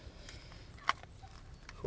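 A plastic rim protector strip is pressed into the gap between a Tesla alloy wheel rim edge and the tyre, giving a few short, sharp snaps over a low background. The loudest click comes at 0.9 s, when the strip seats fully into the rim.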